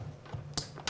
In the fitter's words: on a toujours le petit clic au niveau du raccordement